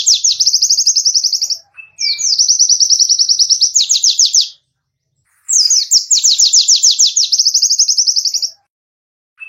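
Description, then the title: White-eye pouring out fast, high trills with slurred whistles between phrases, in several bursts separated by pauses. Masteran, a song-training recording for kept birds; white-eye described as gacor (singing constantly) with full tembakan (rapid trill bursts). "Masteran Burung Pleci Gacor Full Tembakan"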